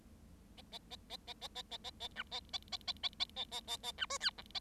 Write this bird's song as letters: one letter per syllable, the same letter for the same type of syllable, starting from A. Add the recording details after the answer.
A A A A A A A A A A B A A A A A A A A A A B C D E A. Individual Bird7